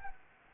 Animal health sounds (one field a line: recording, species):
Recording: mosquito wingbeat signal from an infrared sensor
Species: Anopheles arabiensis